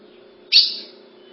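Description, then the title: Ultramarine grosbeak giving a single sharp, bright call note that fades quickly, over a steady low hum. "Azulao"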